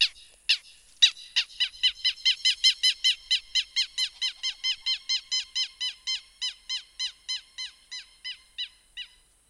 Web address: canary